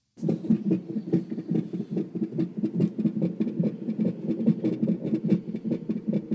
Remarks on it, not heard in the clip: There it was, just this heartbeat recorded on her cell phone. Baby's hearts beat super, super fast, so it sounds like a rabbit or something. You just hear it on the sonogram? Yeah, this heartbeat pops up.